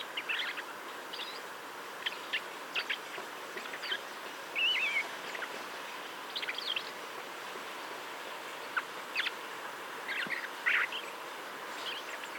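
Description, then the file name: Common blackbird calls, short sharp high notes scattered throughout with a brief warbled phrase, over a steady hiss. "Turdus merula"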